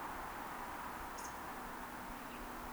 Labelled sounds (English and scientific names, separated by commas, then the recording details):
Eurasian Woodcock (Scolopax rusticola) whistle
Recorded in Baden-Württemberg, Germany, on 30 May 2021 at 19:38 UTC
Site 43323, 910 m above sea level